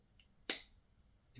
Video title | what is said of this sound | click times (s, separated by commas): Tutorial características y montaje XIPI EVO | el click y ya está el señor montado y | 0.5 s